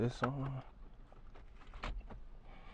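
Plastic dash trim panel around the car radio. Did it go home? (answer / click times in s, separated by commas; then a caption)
yes / 1.8 s. Someone talks briefly, then a plastic dash trim panel is pressed over the newly installed car radio in a Malibu. It snaps into place with a sharp click at 1.8 s, followed by quieter handling noise.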